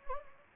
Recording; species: mosquito wingbeat signal from an infrared sensor; Anopheles gambiae